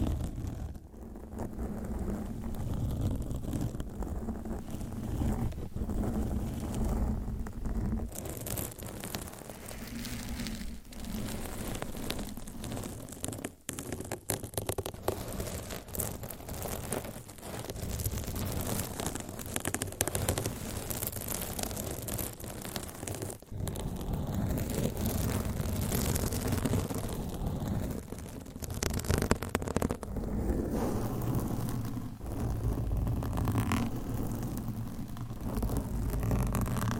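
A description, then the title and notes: Long nails scratch across a microphone in dense, continuous rasping with low rumbling thuds, growing rougher and busier after the midpoint, with brief dropouts. ASMR Mic Scratching - Brain Scratching with Long Nails BRAIN MELTING!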